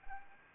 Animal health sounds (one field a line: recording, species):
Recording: mosquito wingbeat signal from an infrared sensor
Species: Anopheles arabiensis